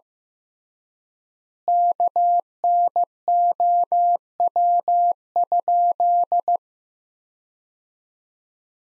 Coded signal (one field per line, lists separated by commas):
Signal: Morse code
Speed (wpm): 15 wpm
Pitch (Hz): 700 Hz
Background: none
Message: KNOW?